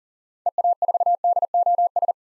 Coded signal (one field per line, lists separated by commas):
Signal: Morse code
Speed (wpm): 40 wpm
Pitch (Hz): 700 Hz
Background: none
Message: EA4DOS